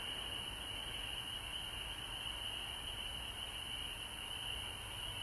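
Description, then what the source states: Frog chorus, a steady, high continuous trilling hum that holds unbroken for the whole stretch over a faint low rumble. Frogs recorded at home in Georgia on March 19, 2020.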